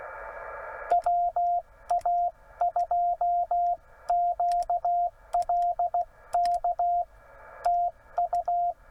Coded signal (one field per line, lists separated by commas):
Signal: Morse code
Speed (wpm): 18 wpm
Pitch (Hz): 690 Hz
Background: radio noise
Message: WA2QLK TU